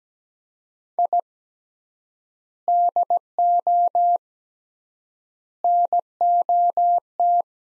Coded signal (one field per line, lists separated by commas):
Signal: Morse code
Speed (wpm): 17 wpm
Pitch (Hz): 700 Hz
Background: none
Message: I DO NOT